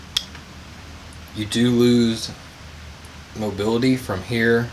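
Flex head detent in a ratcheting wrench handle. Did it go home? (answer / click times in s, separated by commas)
yes / 0.2 s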